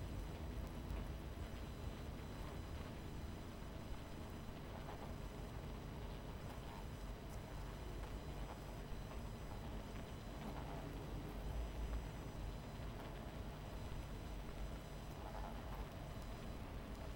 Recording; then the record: honeybee colony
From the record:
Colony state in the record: missing queen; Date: 14 July 2017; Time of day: 23:45